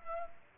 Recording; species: mosquito wingbeat signal from an infrared sensor; Culex pipiens